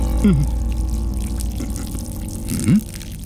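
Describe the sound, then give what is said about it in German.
Water pours into a glass over a steady low hiss, with a couple of brief gurgling, pitch-sliding splashes near the start and again near the end. “Nicht mehr und nicht weniger als Wasser.”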